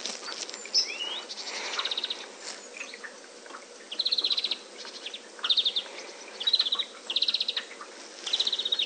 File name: Chloris chloris